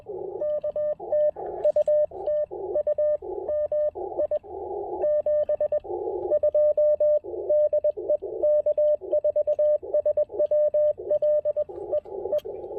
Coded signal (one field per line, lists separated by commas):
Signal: Morse code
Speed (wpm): 20 wpm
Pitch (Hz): 600 Hz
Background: radio noise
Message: K TU TU MI 72 DE K4SWL E E